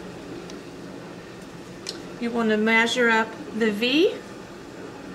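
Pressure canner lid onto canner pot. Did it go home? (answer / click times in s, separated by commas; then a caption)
no / none. A metal pressure canner lid is set onto the full canner pot and lined up V to V before it is turned to lock. Two faint short taps come at about 0.5 s and 1.9 s over a steady low background hum, and someone talks from about 2.2 s to 4.2 s. Nothing has locked or clicked yet.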